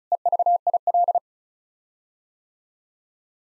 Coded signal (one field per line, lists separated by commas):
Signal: Morse code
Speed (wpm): 34 wpm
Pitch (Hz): 700 Hz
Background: none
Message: EVIL